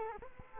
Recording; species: mosquito wingbeat signal from an infrared sensor; Culex quinquefasciatus